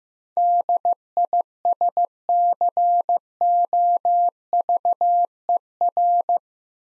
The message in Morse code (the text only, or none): DISCOVER